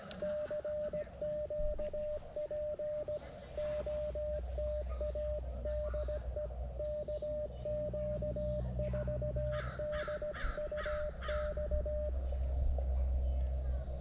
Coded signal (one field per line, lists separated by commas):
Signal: Morse code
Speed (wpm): 16 wpm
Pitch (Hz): 590 Hz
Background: radio noise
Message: CQ POTA DE KQ4DUX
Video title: Support your parks POTA activation 10/19/24